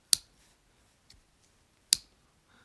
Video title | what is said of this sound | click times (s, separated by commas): Kizer WPK Pocket Knife | you've got the extended tang, you've also got double detent, so you hear that click. | 0.1 s, 1.9 s